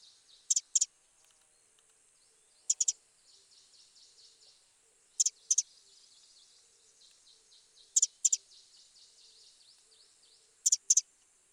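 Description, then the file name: Eurasian wren calls: sharp dry clicking notes in quick pairs, repeated every two to three seconds, with faint high thin chirps between them. "Troglodytes troglodytes"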